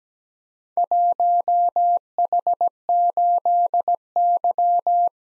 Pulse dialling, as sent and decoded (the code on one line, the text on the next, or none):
none